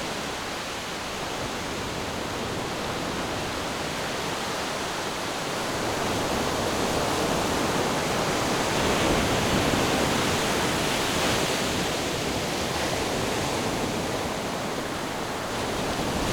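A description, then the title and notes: Ocean waves produce a dense, constant wash of surf. It fills the range from low rumble to bright hiss, with no distinct breakers. The sound swells slightly louder around the middle, near ten seconds, then eases back to a steady roar. Ocean Waves for Sleep White Noise.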